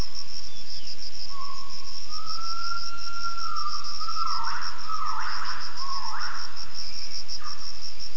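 Gibbon calling with a long whistled note followed by a few quick upward-sweeping notes, over a steady high insect drone.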